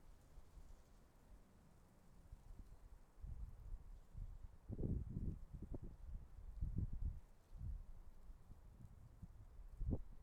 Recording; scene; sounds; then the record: everyday scene through a hearing-aid microphone; wind on the microphone; wind, traffic, birds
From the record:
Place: suburban garden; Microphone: behind the ear, left, front